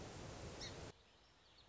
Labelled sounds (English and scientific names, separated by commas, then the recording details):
Song Sparrow (Melospiza melodia)
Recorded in Sonoma County, California